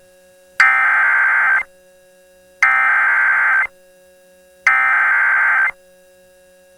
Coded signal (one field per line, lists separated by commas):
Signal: Emergency Alert System (SAME) tones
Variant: header bursts